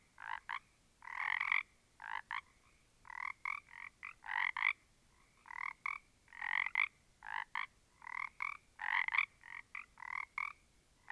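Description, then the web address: Small group of frogs calling, harsh pulsed croaks in an uneven sequence with brief quiet spaces between bursts. "static audio olofonia Small Group of Frogs"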